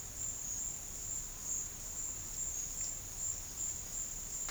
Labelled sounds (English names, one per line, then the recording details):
none
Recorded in dense forest near Puerto Asís, Putumayo, Colombia, on 4 March 2025 at 13:00
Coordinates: 0.484, -76.325
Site G045